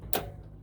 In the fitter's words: click ready to go